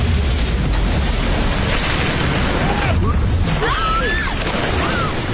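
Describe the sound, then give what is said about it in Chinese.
A loud, continuous roar of crashing and collapsing debris with deep rumbling, as a temporary glass stage suddenly bursts and the whole theater collapses, while voices cry out briefly over the din. “临时搭建的玻璃舞台突然发生爆裂，导致整个剧院彻底倒塌。”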